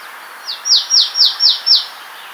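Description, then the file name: Marsh tit uttering a single brisk run of five or six bright, high notes, each slurring downward, evenly spaced. "Poecile palustris"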